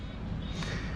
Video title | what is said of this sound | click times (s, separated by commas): Solder EC5 (battery side) | now this was a very very tight fitting so you'll push it and it'll snap it's a loud audible snap it'll | 0.6 s